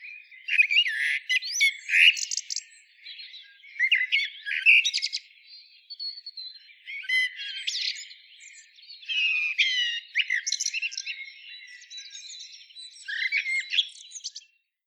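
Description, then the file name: Common blackbird giving a string of melodious whistled phrases, each closing with thin high twitters, repeated several times before falling silent. "Turdus merula"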